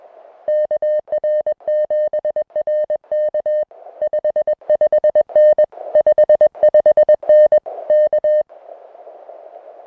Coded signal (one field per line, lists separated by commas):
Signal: Morse code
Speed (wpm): 20 wpm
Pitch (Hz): 610 Hz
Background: music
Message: KR7RK 55N 55N K